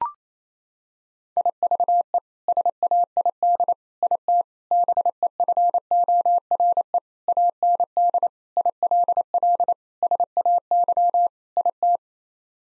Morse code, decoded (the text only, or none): IVE SAID IT BEFORE AND ILL SAY IT